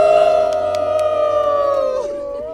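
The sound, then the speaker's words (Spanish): A group of voices howls together in imitation of a wolf as a collective farewell, a loud sustained wail holding one pitch for about two seconds before sliding down and fading. “¿Nos podemos despedir con un aullido colectivo, quizá?”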